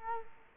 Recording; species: mosquito wingbeat signal from an infrared sensor; Culex quinquefasciatus